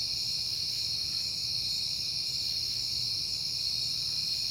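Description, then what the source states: Steady high cricket trilling fills the whole moment, several pitches overlapping, over a soft low rumble. Crickets at night in September, on a peaceful night.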